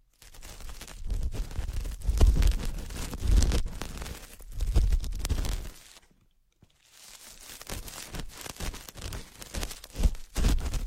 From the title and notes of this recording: Delicate and high-end feeling, positive pressure, various ear picking methods.